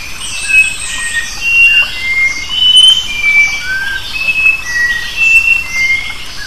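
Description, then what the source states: Sooty-capped babbler, a run of brief clear whistles at varying pitches, nearly one per second, against a steady hissing background. Recorded on 23 January 2005.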